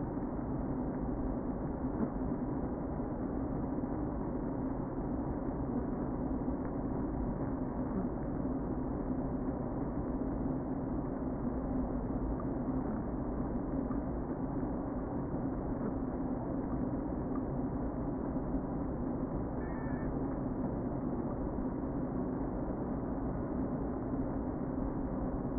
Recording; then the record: honeybee colony, microphone inside the hive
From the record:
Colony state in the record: queen present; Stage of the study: before two queens were removed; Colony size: about 60,000 bees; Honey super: yes